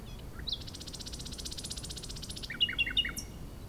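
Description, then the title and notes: Common nightingale song, a long rapid buzzing trill followed by a quick series of loud sharp chirps, over steady low wind noise. Wild bird in breeding season near Chindrieux, France, hidden in scrub; sunny day with fairly strong west wind; Zoom H4n Pro placed on the ground in grass tufts, tens of metres from singer, in small valley. "RRCR+X9 Chindrieux, France - Rossignol. La saison des rossignols bat son plein. c'est passionnant d'être à l'écoute du chant des rossignols c'est un grand improvisateur avec un répertoire très diversifié, des modulations surprenantes et variées"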